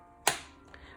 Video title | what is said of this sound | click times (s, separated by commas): O Christmas Tree Painting! | listen for the click | 0.3 s